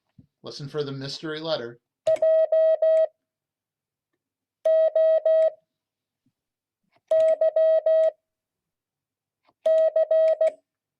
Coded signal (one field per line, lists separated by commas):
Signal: Morse code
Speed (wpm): 16 wpm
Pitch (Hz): 640 Hz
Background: speech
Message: EJ O Y C